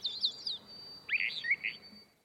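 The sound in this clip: Catbird phrases, two short bursts of squeaky, slurred notes with a thin steady tone behind them.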